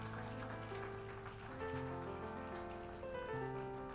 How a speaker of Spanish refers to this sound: Damos un aplauso de alabanza a nuestro Señor y Dios. Aleluya.